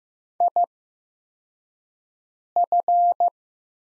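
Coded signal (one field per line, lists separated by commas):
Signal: Morse code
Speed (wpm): 15 wpm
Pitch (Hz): 700 Hz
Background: none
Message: IF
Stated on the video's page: Morse practice set of the top 100 words at 15 wpm with Farnsworth-style 8x character spacing, easing learners toward standard timing.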